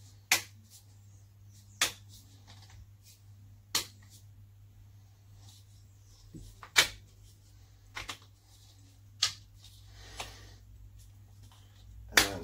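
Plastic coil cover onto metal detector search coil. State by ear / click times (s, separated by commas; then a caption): seated / 0.3 s, 1.8 s, 3.8 s, 9.2 s, 12.2 s. A plastic protective cover is pressed onto the search coil of a Garrett ACE 400i metal detector to guard it against scratches and rough stone damage. Sharp, solid clicks sound at 0.3, 1.8, 3.8, 9.2 and 12.2 seconds as it snaps into place around the rim. The cover ends up seated and locked on.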